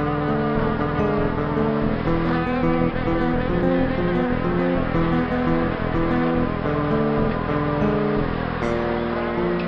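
Bees humming in a thick drone, overlapping buzzy tones shifting in pitch irregularly without pause.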